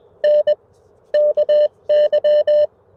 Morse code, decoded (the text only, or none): N KY